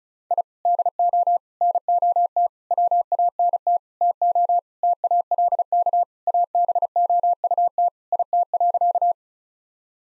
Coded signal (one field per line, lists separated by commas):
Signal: Morse code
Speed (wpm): 36 wpm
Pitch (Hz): 700 Hz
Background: none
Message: I DO NOT WANT TO TALK ABOUT IT.